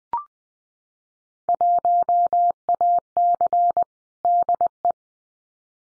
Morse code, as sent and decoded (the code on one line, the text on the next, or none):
.---- .- -.-. / -.. .
1AC DE